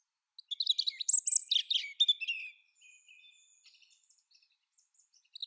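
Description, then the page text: European robin song: one brief phrase of high, liquid notes falling into a thin trill, followed by near silence. "Птицы-целители - Зарянка (Erithacus rubecula)"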